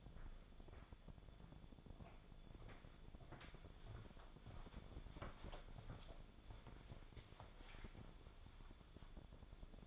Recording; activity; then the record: daily activity, microphone in the room; walk to room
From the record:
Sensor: 5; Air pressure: 1000.0 hPa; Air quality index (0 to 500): 84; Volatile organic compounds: 1 ppm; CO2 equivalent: 698 ppm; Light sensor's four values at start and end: 332/827/346/387 and 349/826/359/408